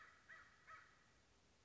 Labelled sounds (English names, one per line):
Acorn Woodpecker